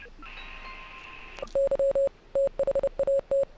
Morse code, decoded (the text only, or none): Y THAT